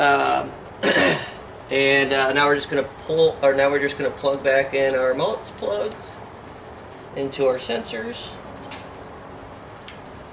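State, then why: Seated. A plastic wiring harness connector on a 2016 GMC Terrain is pushed back onto a sensor on top of the engine, probably the camshaft position solenoid or sensor, after its bolts are secured during a P0014 code fix. Someone talks through most of the clip, then a sharp tick at 9.9 s marks the connector clicking in and seating.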